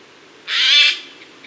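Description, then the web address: Eurasian jay giving a single harsh, raspy screech lasting about half a second, loud and noisy across a broad band, with quiet background before and after. "birdify. garrulus glandarius"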